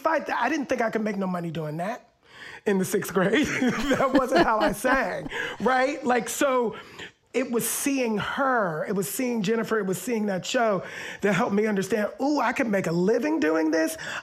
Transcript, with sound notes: I didn't think I could make no money doing that in the sixth grade.
(LAUGHTER)
That wasn't how I sang, right? Like, so it was seeing her. It was seeing Jennifer. It was seeing that show that helped me understand, ooh, I can make a living doing this.